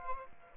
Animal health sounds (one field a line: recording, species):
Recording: mosquito wingbeat signal from an infrared sensor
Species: Aedes albopictus